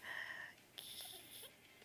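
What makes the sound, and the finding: Adult imitating wheezing with her voice. Wheeze (vocal imitation).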